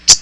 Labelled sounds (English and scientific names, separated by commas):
Common Yellowthroat (Geothlypis trichas) flight call